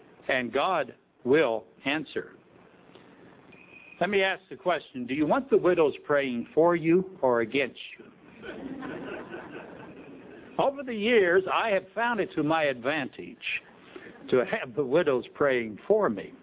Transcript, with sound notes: and God will answer. Let me ask the question: Do you want the widows praying FOR you, or against you? {Laughter} Over the years, I have found it to my advantage to have the widows praying FOR me;